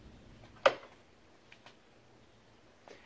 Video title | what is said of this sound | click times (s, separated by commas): E70 BMW X5M Cooling Upgrades (Part 3 of 3) | so you're going to twist that down you'll feel a nice little click at the end and this arrow should wind up with another arrow on the tank | 0.7 s